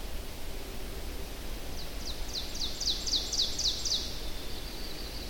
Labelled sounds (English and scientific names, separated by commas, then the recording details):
Ovenbird (Seiurus aurocapilla) song
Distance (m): 50 m
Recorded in boreal forest in Alberta, Canada, on 25 June 2016 at 07:54
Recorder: SongMeter 3, array SBT-6-76
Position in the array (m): 155 m, 101 m
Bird 3